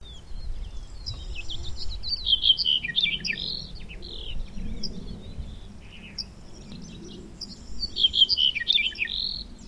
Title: bigeye zigolo capinero